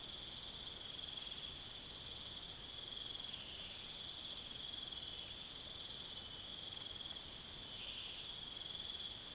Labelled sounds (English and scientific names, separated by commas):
none